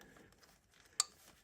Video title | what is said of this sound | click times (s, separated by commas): How To Repin and Replace Subaru Ignition Coil Pack Connectors. CEL P0301, P0302, P0303, P0304 | boom clicked it baby | 1.0 s